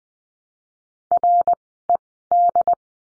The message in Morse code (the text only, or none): R E D